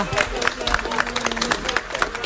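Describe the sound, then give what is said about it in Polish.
A crowd at the Water Market (Rynek Wodny) in Zamość applauds a radio quiz winner with dense, steady clapping that holds at an even level throughout, while a faint sustained low tone hums underneath for part of it. “nie tylko fanfary, ale także brawa dla ciebie.”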